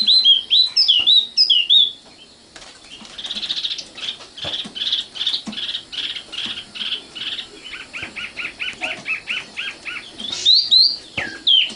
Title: Kicau Kacer